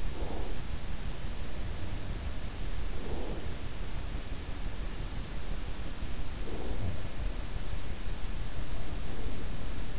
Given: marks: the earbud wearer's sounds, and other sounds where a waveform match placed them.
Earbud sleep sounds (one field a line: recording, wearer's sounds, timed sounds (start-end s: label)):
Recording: sounds in sleep by an in-ear microphone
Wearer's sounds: breath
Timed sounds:
0.00-0.51 s: breath
2.91-3.52 s: breath
6.46-7.17 s: breath
8.95-9.92 s: breath